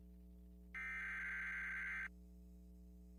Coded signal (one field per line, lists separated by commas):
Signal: Emergency Alert System (SAME) tones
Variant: header bursts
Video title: EAS #2 - (RARE) CIV issued Severe Thunderstorm Warning for western Virginia